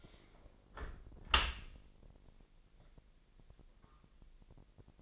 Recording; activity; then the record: daily activity, microphone in the room; close dishwasher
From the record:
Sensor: 5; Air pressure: 1000.8 hPa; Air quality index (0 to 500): 248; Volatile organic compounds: 34 ppm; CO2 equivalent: 3048 ppm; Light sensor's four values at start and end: 31/72/29/27 and 31/72/29/27